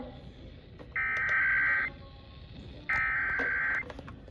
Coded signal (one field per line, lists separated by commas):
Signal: Emergency Alert System (SAME) tones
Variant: header bursts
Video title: MN RMT At School! EAS 810-811